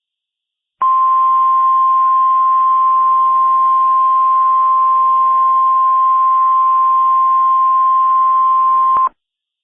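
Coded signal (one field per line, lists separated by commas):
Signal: Emergency Alert System (SAME) tones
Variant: 1050 Hz attention tone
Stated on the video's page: Fictional Emergency Alert System scenario made for entertainment, played very loud.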